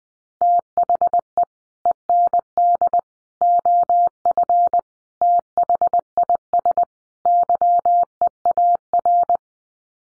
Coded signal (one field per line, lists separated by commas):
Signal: Morse code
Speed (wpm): 20 wpm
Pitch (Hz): 700 Hz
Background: none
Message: THE END OF THIS YEAR